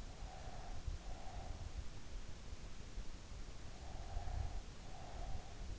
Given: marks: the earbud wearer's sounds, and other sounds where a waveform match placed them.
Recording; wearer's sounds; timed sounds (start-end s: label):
sounds in sleep by an in-ear microphone; breath
0.17-1.71 s: breath
3.94-5.57 s: breath